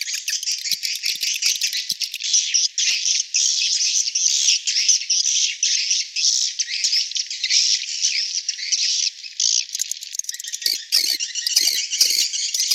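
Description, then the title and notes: Swiftlet twittering pours out almost without pause, a steady high, buzzy chatter with sharper separate chirps near the end. Sound used in swiftlet farming in Asia. "Swiflet Bird Sound. Farming Swiflet Bird asia sound"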